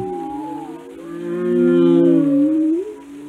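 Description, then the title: Whale moans, long tonal calls with stacked harmonics that waver and swell, rising to a louder drawn-out note before fading. "Whale Watching: A Close Encounter with the Giants of the Sea"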